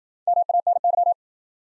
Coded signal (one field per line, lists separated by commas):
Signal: Morse code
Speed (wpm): 53 wpm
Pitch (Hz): 700 Hz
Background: none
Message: MANY